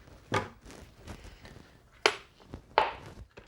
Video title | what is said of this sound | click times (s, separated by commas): Oil Change, Oil Filter & Air Filter – Subaru Outback/Legacy/Liberty 2.5L | latch those two clips down then you can take your air cleaner hose and pop that back on and | 2.1 s, 2.8 s